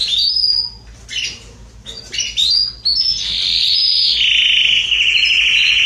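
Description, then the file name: Canary song opening with scattered chirps and slurred whistles, then settling into a long, steady, rolling trill that continues to the end. "canto do canario belga salsa"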